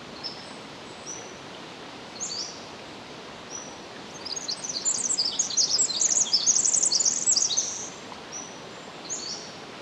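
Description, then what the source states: Pacific wren song: a burst of rapid, high, sparkling notes and trills lasting a few seconds midway, framed by a few isolated thin high notes and steady hiss. Recorded 10 July 2011 at 06:35.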